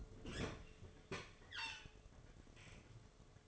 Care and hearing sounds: daily activity, microphone in the room; open fridge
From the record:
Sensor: 4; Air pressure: 1005.4 hPa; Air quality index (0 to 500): 177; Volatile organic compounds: 5 ppm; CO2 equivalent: 1745 ppm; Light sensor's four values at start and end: 5/12/4/4 and 5/10/4/3

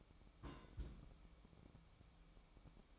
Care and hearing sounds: daily activity, microphone in the room; place on stove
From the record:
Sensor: 1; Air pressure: 1008.1 hPa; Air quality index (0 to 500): 134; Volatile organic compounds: 2 ppm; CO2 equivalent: 1127 ppm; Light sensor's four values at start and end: 8/19/8/8 and 8/19/8/8

